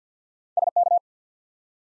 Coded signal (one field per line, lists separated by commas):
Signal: Morse code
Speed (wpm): 52 wpm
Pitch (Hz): 700 Hz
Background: none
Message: SK